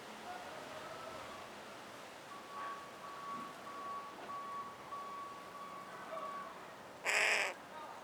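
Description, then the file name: Carrion crow with a single loud, rasping caw near the end, after a stretch of intermittent reversing beeps. "Corvus corone"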